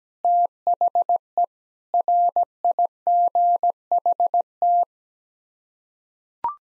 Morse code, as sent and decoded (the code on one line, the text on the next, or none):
- .... . / .-. .. --. .... -
THE RIGHT